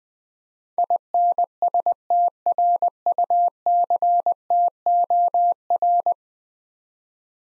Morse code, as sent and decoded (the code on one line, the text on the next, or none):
.. -. ... - .-. ..- -.-. - --- .-.
INSTRUCTOR